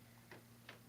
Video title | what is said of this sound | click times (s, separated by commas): Advanced Pure Air - AIR SHIELD™ Air Purifier | There it snaps in place. | 0.3 s, 0.7 s